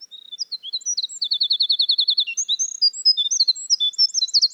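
Winter wren song, very high and hurried, with a brief even trill in the middle among rapid tinkling notes; the song still runs on at the end.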